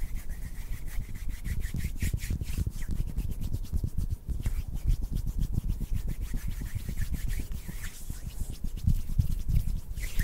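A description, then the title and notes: Hands rub and brush together in quick, dense strokes that carry on without pause for the whole ten seconds. Each stroke gives a soft, papery swish with a low thump underneath, and the rhythm stays fast and fairly even, with slightly heavier passages near the end. TWINS MAKE ASMR HAND SOUNDS NO TALKING. INTENSE HAND SOUNDS ASMR AND HAND MOVEMENTS.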